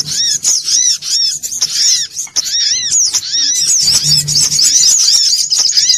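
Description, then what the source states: Brown-throated sunbird pouring out a fast, high, scratchy twitter with repeated arched chirps. Bird-training (masteran) recording.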